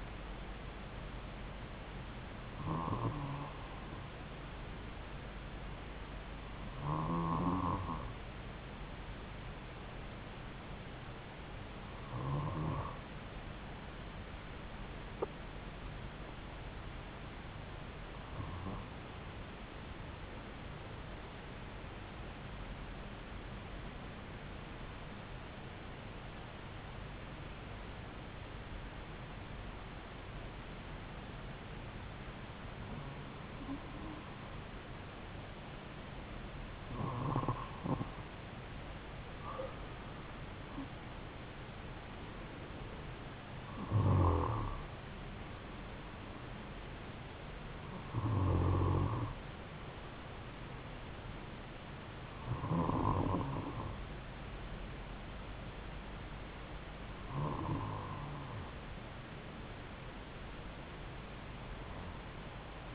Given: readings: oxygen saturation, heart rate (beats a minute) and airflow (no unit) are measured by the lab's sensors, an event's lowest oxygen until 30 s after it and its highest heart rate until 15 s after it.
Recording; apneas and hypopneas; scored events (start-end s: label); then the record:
breathing in sleep by a voice recorder at the bedside; 1
12.00-41.30 s: hypopnea (N2, oxygen 96% highest, then 91% lowest)
29.00-59.00 s: new sleep stage, N1 (lightest sleep)
59.00-62.95 s: new sleep stage, N2 (light sleep)
From the record:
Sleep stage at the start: N2 (light sleep); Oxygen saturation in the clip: 91 to 96%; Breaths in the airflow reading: 13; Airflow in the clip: -4.6 to 5.3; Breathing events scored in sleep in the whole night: 270 in 6.1 hours asleep